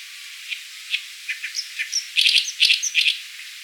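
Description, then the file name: Oriental reed warbler with spaced harsh notes and short whistles, then a loud, rapid burst of grating, croaky chatter. "Acrocephalus orientalis"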